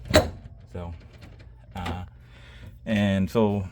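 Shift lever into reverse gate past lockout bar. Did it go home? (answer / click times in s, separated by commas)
yes / 0.2 s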